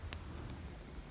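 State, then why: Not seated. A truck part of an N scale Walthers GP38-2 model locomotive is handled by hand at the locomotive frame during reassembly, with faint light ticks around 0.1 and 0.5 seconds over a low steady background rumble. Nothing has seated or clicked into place yet.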